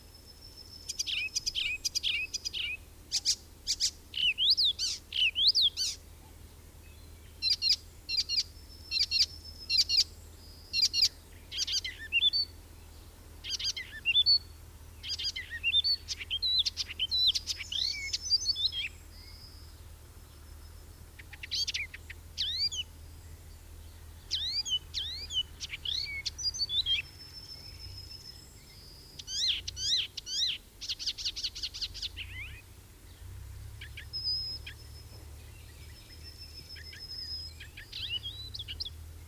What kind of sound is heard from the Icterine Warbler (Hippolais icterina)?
song